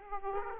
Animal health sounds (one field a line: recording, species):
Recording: mosquito wingbeat signal from an infrared sensor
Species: Aedes aegypti